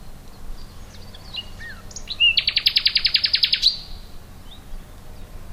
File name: Luscinia megarhynchos